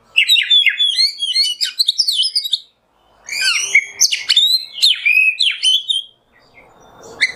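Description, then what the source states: Oriental magpie-robin singing two intense bursts of quick, sweeping whistles and harsh chips separated by a short pause, then the start of another. Kacer masteran (tutor song for training songbirds) in the nembak song style.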